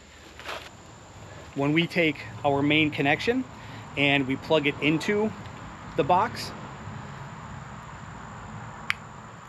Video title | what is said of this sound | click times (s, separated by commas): Boost Auto Lumastep M2 Automatic Running Boards. 3rd Gen Tundra. | you'll hear it and feel it click | 8.9 s